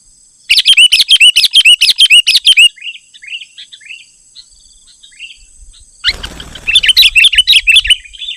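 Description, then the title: Sooty-headed bulbul song: a quick run of bright, chirping notes, then softer scattered notes, and a final burst of chattering phrases over a short rush of noise. "kutilang"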